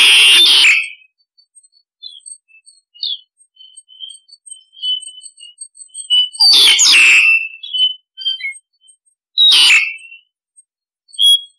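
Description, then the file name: Starling harsh screeches repeated several times, mixed with thin whistles and chattering high notes between the loud grating bursts. Starling flock-calling sound, used to lure starlings. "Tieng sao da goi bay"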